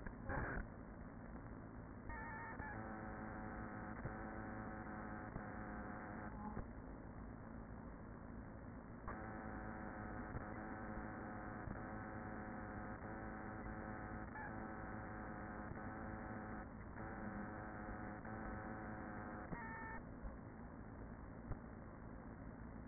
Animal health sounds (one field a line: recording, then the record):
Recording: honeybee colony, microphone inside the hive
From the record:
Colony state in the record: queen present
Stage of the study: after two queens were removed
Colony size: about 40,000 bees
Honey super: no